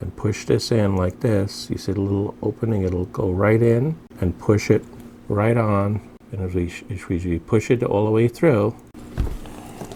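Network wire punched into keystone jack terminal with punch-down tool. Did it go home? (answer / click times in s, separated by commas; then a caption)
yes / 9.2 s. Someone talks while pressing a punch-down tool, blade facing out, down on a Cat-5 or Cat-6 network wire in a keystone jack terminal slot, with the jack resting on the table. The tool gives a sharp click at 9.2 s, followed by quieter ticks. The wire seats in the jack and the excess is cut.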